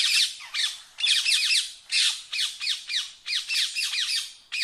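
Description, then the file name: Rose-ringed parakeet screeching continuously, with loud, rasping squawks tumbling one after another with barely any pause. "Canto do periquito indiano"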